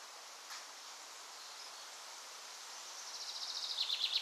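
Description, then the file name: Bird trill: steady hiss for several seconds, then a quick, high, pulsing trill that grows louder toward the end. Birds on a balcony during a thunderstorm, recorded June 7 2011. "June 7 2011 birds balcony clean With Thunderstorm"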